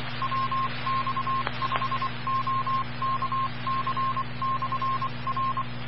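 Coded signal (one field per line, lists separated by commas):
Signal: Morse code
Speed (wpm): 24 wpm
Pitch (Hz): 1060 Hz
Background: radio noise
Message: WX5OKC/R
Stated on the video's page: Ident on an amateur repeater at 145.410 MHz.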